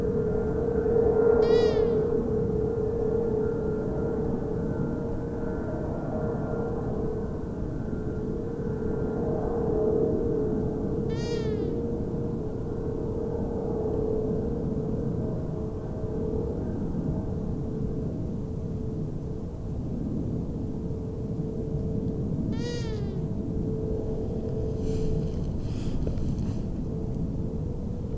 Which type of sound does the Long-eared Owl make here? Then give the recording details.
call. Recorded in the wild. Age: adult. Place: Bernau bei Berlin, Naturpark Barnim, Brandenburg, DE. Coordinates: 52.6958, 13.5256. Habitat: wood. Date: 2008-02-24 18:48. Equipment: Sound Devices 702, Sennheiser MKH 70, Windkorb. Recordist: Frommolt, Karl-Heinz